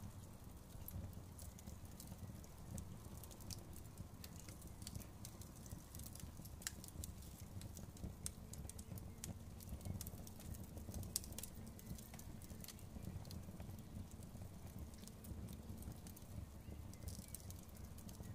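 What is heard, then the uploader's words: A campfire burns with a steady low rumble and a thick bed of crackling, sharp pops and snaps scattered densely throughout, brighter bursts coming around the middle and again near the end. No other sounds stand out. Campfire in The Forest.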